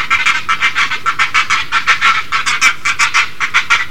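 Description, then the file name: Great egret harsh calls, short scratchy notes in quick succession. "kotuku"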